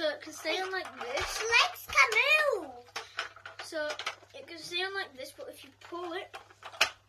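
A movable part of a toy dinosaur is pulled down into the toy's body while someone talks. A sharp click at 6.8 seconds marks the part locking in place.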